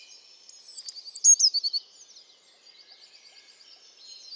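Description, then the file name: Eurasian blue tit song: two high thin whistled notes followed by a quick descending trill of short notes, with faint high chatter from other birds behind. "Cyanistes caeruleus"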